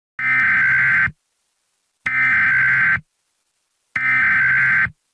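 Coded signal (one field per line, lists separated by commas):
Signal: Emergency Alert System (SAME) tones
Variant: header bursts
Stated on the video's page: Fictional EAS scenario, not a real alert.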